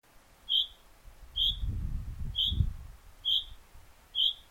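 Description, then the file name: Common chaffinch giving short, bright single call notes, repeated about once a second, over a soft low rumble in the middle. "Fringilla coelebs"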